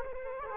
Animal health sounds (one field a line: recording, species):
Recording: mosquito wingbeat signal from an infrared sensor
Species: Culex quinquefasciatus